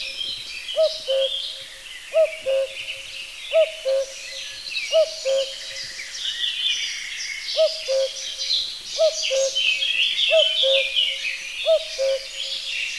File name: coucou gris